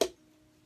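A manual can opener, turned from sideways, is pressed onto the rim of a tin can. A single sharp, bright click sounds at 0.0 s and then fades into a faint, steady ringing tone. The opener seats on the rim.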